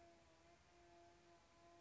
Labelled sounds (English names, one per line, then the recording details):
Band-tailed Pigeon
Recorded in Sonoma County, California